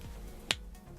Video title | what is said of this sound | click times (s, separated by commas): 💰Je teste un fond de teint à - de 8€ !!!🎀 | vous avez un petit clic qui vous qui vous comment dire vous certifie | 0.5 s